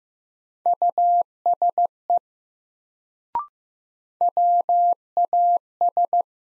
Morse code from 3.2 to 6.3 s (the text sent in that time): WAS